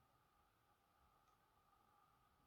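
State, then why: Not seated. A threaded aluminium ball-joint retainer is handled at the bottom of an aluminium Vitavon hub carrier on a Kraton 6S RC car, turned backwards to bring its threads into alignment. Only a low, steady background hiss with faint tonal hums is heard, with no distinct sudden sounds. Nothing has clicked into the thread start or seated yet.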